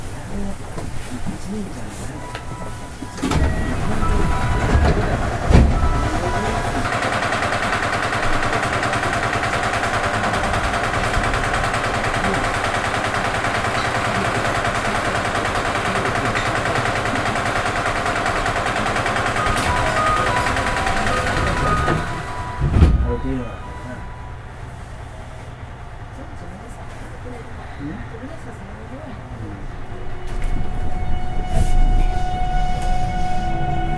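Riding sound of a 207 series electric train: a steady low rumble with a whining mid-range hum that rises around 7 seconds and holds. Sharp thumps land near 3, 5 and 23 seconds, after which the noise drops quieter, then swells again near 30 seconds.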